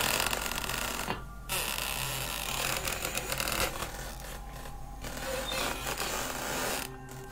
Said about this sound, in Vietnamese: Cánh cửa chính bỗng nhiên động đậy, rít lên những tiếng cọt cả cọt kẹt mà mở ra.